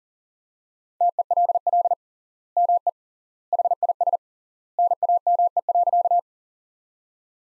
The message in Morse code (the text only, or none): TELL ME HIS NAME.